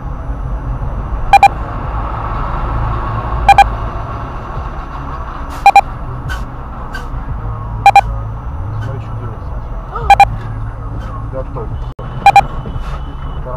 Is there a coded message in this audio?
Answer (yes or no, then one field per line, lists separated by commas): no